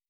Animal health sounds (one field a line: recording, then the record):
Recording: hydrophone in a shrimp aquaculture tank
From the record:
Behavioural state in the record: stressed